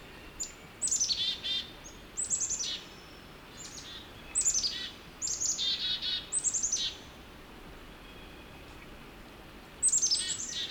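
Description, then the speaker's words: Chickadees scolding in repeated bursts, a sharp high note sliding into rapid buzzy dee-dee-dee notes, with pauses between outbursts. A group of chickadees sounding upset about something unknown, heard on April 28 while walking back to the car. "I come across a group of chickadees. They sound upset about something."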